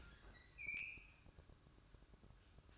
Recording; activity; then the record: daily activity, microphone in the room; open fridge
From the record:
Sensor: 2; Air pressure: 1007.6 hPa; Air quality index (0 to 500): 48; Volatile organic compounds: 1 ppm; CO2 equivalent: 561 ppm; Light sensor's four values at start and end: 11/26/11/11 and 11/26/11/11